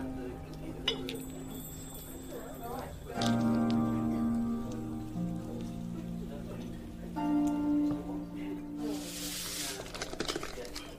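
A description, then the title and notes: Fantasy fairy cafe ambience with a steady bed of soft murmuring voices and low held tones. Sustained musical notes swell in around three seconds and again near seven, while light clinks of cups and dishes and a brief bright shimmer near nine seconds sit on top. Fantasy fairy cafe asmr ambience.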